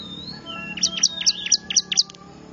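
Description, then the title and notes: Bar-winged prinia calls: a rapid run of about seven sharp, high, downward-sweeping chirps after a thin whistled note, with steady faint tonal hum beneath. Lure call used to attract wild birds; local name ciblek. "Suara Pikat Burcil Ribut Paling Ampuh Ngabisin Burung Liar Ini. ciblek"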